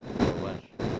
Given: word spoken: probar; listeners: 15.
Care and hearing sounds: one Spanish word in noise, from a listening test; noise modulated by one talker; -8.7 dB; 1 of 15; 8 of 15; 0.60 s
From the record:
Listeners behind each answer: 8, 2, 1, 1, 1, 1, 1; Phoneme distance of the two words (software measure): 17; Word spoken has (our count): 2 syllables, 6 phonemes, stress on syllable 2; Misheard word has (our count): 2 syllables, 5 phonemes, stress on syllable 2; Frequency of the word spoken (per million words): 19.71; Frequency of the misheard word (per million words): 8.13

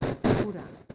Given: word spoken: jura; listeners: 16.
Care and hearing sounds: one Spanish word in noise, from a listening test; noise modulated by one talker; -11.5 dB; 0 of 16; 10 of 16; 0.55 s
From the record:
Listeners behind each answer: 10, 2, 2, 1, 1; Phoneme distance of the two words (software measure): 10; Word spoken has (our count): 2 syllables, 4 phonemes, stress on syllable 1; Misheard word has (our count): 2 syllables, 4 phonemes, stress on syllable 1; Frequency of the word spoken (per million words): 2.63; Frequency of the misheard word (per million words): 30.98

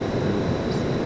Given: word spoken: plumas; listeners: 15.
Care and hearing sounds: one Spanish word in noise, from a listening test; speech-shaped noise; -6.4 dB; 1 of 15; 7 of 15; 0.66 s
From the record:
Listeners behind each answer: 7, 3, 1, 1, 1, 1, 1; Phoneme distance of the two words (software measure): 27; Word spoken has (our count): 2 syllables, 6 phonemes, stress on syllable 1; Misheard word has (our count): 2 syllables, 5 phonemes, stress on syllable 1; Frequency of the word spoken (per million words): 11.43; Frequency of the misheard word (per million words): 84.89

